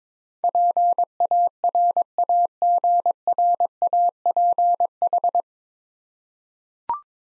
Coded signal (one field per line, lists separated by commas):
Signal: Morse code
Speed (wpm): 21 wpm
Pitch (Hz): 700 Hz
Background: none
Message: PARAGRAPH